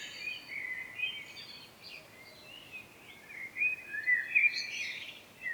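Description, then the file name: Common blackbird song, quiet rambling fluty notes with thin high squeaks, growing louder toward a final twittering flourish. "Turdus merula"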